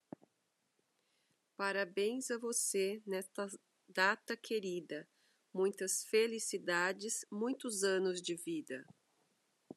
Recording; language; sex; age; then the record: short text; Brazilian Portuguese; female; 40 to 49 years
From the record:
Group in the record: control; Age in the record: 47 years